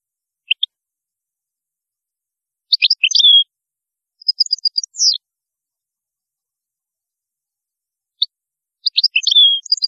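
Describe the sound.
European goldfinch song: scattered short twittering bursts with descending slurred notes, separated by long silent gaps.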